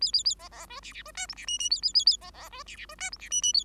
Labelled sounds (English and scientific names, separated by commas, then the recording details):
Bengalese Finch (Lonchura striata domestica) song
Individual Bird5